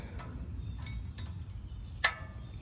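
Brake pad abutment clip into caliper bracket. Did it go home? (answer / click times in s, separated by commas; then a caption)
yes / 2.0 s. A metal brake pad abutment clip is pressed into the caliper bracket of a 2017 Ford F-150 King Ranch 4X4 pickup's front brake. A few faint metallic ticks around 0.9, 1.2 and 1.3 s come before a sharp, bright click at 2.0 s as the clip pops in. The clip is seated.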